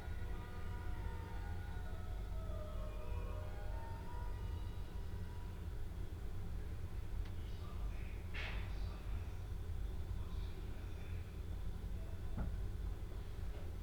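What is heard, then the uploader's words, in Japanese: Riding aboard a commuter train, a steady, dense low rumble of the carriage running along the track fills the clip, with faint whining tones in the first half. A few sharp clicks and knocks stand out near the eighth second and again toward the end. 鉄道旅 宇都宮線 浦和→古河。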